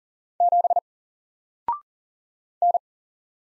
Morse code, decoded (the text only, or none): 7 N